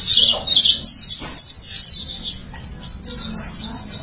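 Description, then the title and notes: White-eye giving fast, high twittering song in quick bursts, with a low background hum. Chirping song. "Kicauan Burung Pleci Durasi Panjang. Suara kicauan burung pleci"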